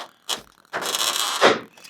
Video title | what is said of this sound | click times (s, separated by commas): Tesla Model 3/Y Front Hood Seal Strip - A MUST HAVE!!! | up on that other and you can hear it pop into place I'll be quiet so you can hear it and | 0.3 s